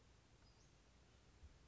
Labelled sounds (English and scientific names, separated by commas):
Western Flycatcher (Empidonax difficilis)